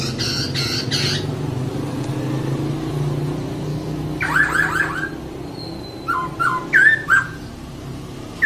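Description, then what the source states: Laughingthrush singing: a brief harsh burst, then a grating rattle, then clear slurred whistles in short rising notes, all over a steady low droning background. Long rolling song (ngeroll panjang); recording meant for training cage birds.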